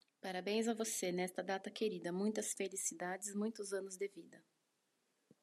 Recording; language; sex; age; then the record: short text; Brazilian Portuguese; female; 30 to 39 years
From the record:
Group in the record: control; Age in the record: 33 years